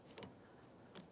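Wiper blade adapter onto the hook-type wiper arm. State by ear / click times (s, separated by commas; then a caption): not seated / none. A new wiper blade adapter is brought onto the hook of a hook-type wiper arm on a 2005-2010 Dodge Dakota and pressed toward the hook. Light handling ticks sound near 0.1–0.2 s and again at 1.0 s. Nothing has seated or clicked yet.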